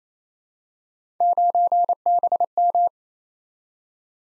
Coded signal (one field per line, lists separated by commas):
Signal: Morse code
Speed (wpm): 29 wpm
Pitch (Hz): 700 Hz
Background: none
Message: 9BM